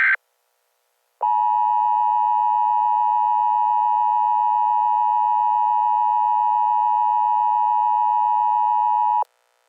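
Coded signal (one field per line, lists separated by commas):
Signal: Emergency Alert System (SAME) tones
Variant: 853 and 960 Hz attention tone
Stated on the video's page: Fictional EAS scenario, a simulated New York blizzard alert.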